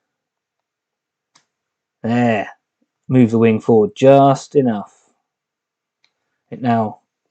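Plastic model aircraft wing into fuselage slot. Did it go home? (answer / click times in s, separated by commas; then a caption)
no / none. During a dry fit of an Airfix DH.88 Comet plastic model aircraft, the wing is moved forward into its slot on the fuselage while someone talks, with a few faint, brief ticks around 1.4 s, 6.0 s and 7.3 s. The wing is only being handled and nothing has seated or clicked home yet.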